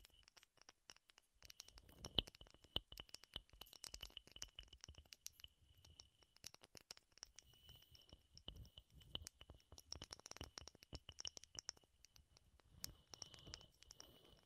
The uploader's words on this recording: ASMR Wood Triggers in Your Ears (No Talking).